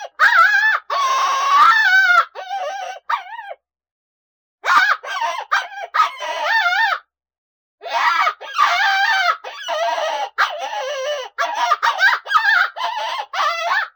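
Coyote pups in a loud, dense chorus of harsh yelps and wavering cries, broken by two short silences.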